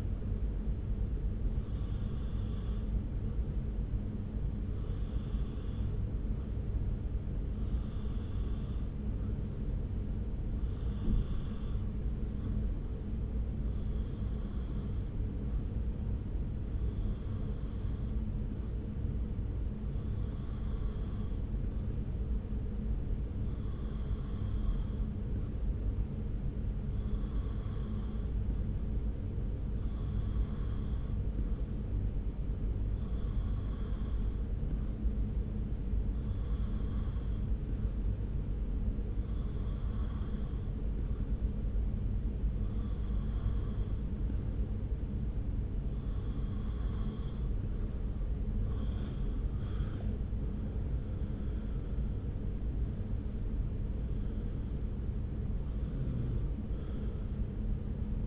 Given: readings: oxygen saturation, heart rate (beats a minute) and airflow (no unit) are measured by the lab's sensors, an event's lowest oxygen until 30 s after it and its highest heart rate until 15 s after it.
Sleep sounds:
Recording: breathing in sleep by a smartphone at the bedside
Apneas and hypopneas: 1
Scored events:
34.00-48.60 s: hypopnea (N2, oxygen 92% highest, then 92% lowest)
From the record:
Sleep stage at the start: N2 (light sleep)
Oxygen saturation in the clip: 92 to 93%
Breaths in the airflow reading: 20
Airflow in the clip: -1.1 to 1.8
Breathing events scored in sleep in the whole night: 335 in 6.7 hours asleep

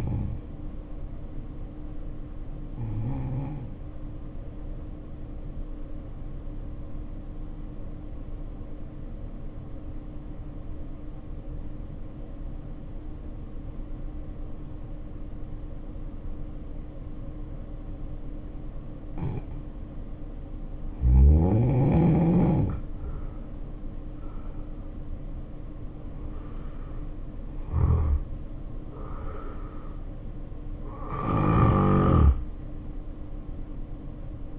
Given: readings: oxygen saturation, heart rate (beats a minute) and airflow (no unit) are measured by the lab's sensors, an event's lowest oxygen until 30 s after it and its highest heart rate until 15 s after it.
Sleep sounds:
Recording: breathing in sleep by a smartphone at the bedside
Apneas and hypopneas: 1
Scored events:
6.00-20.70 s: obstructive apnea (N2, oxygen 95% highest, then 78% lowest, heart rate 59 at the start, 70 highest)
From the record:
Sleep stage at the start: N2 (light sleep)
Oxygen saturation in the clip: 80 to 95%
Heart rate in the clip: 58 to 70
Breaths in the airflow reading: 7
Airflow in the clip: -5.7 to 6.4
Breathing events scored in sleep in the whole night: 520 in 7.2 hours asleep

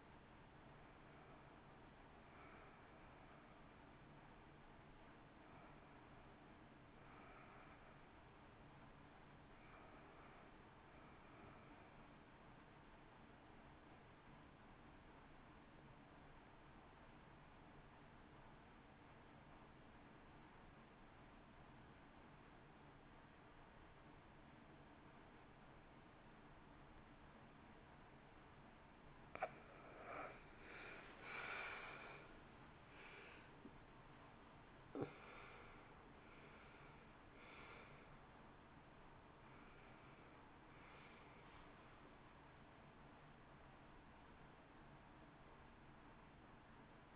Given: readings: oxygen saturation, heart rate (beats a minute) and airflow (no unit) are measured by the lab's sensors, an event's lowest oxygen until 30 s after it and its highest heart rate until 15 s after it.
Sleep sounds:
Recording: breathing in sleep by a voice recorder at the bedside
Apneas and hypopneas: 1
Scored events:
0.00-18.00 s: awake
15.00-45.00 s: new sleep stage, N1 (lightest sleep)
18.00-30.20 s: obstructive apnea (N1, oxygen 93% highest, then 81% lowest, heart rate 57 at the start, 74 highest)
45.00-47.16 s: new sleep stage, awake
From the record:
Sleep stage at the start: awake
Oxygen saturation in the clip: 83 to 93%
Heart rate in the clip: 56 to 74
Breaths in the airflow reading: 10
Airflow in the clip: -2.0 to 2.9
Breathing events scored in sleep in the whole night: 328 in 6.3 hours asleep

